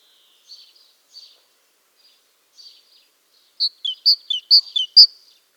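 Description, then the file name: Great tit song: a few faint high notes at first, then a loud quick series of sharp notes alternating between higher and lower pitch. "Parus major"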